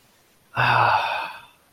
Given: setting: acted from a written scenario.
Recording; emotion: vocal sound without words; contentment